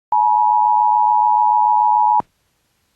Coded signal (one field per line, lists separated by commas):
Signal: Emergency Alert System (SAME) tones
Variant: 853 and 960 Hz attention tone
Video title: Relay #2 Of TOA #711 EAS #547